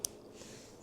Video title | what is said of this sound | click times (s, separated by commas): Apple Watch Ultra 3 Unboxing This Thing Is INSANE! 🤯 | I heard that click just All right. | 0.1 s